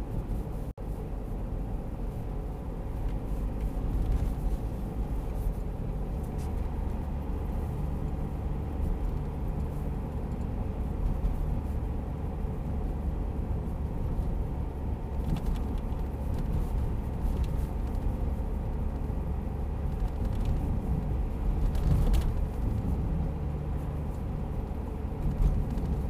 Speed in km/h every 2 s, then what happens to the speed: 52, 52, 53, 54, 54, 53, 53, 51, 52, 52, 53, 52, 52.
0-26 steady at about 52.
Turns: none.